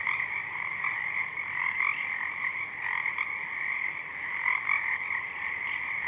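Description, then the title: Pacific chorus frogs calling in a continuous chorus, layered croaks swelling and easing slightly while the whole group keeps up a steady drone. Chorus of many frogs at dusk; downmixed to stereo from a double mid-side recording; frogs already out in full chorus. "Pacific Chorus Frogs (Pseudacris regilla), dusk"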